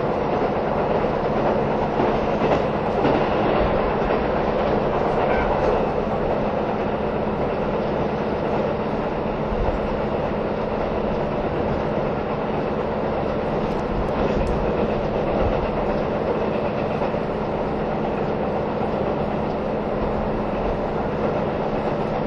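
A KiHa 183 series diesel train runs between Kumamoto and Miyaji with a steady rumble, faint rhythmic clatter, and a constant low hum throughout.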